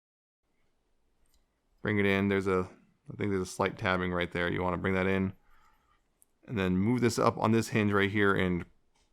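Someone talks while handling a plastic hinged panel on a Transformers War for Cybertron: Kingdom Blackarachnia transforming action figure, flipping parts on their hinges and working a small tab in toward the figure's body. Only speech and a couple of faint handling ticks are heard; the panel has not been swung up or clicked into place yet.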